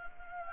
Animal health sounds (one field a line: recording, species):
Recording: mosquito wingbeat signal from an infrared sensor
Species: Anopheles gambiae